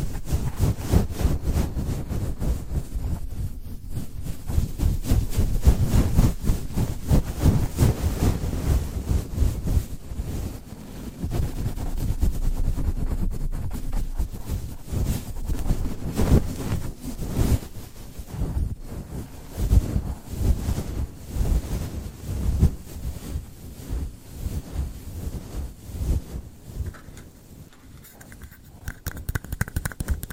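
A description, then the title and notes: Hands tap and scratch in a dense, continuous stream of quick strokes. The sound is heavy and rumbling in the low end, like rubbing on the mic itself, easing slightly after the midpoint and thinning near the end. ASMR Biggest Trigger Assortment (Tapping, Scratching, Hand Sounds,…) No Talking.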